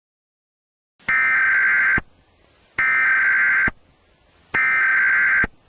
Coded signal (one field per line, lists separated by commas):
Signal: Emergency Alert System (SAME) tones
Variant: header bursts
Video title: EAS Scenario - Aliens Take Over Tennessee